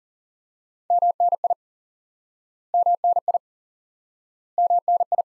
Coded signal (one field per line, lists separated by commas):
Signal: Morse code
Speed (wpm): 40 wpm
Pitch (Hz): 700 Hz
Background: none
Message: MNI MNI MNI